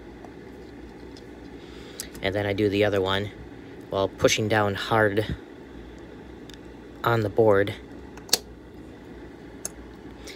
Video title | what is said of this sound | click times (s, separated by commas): Ammo Counter Bezel Mount - 3D Print Assembly | and it's a firm click into place and when you're done the buttons should be nice and clicky | 8.3 s